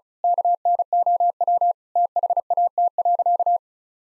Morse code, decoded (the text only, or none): KNOW THAT.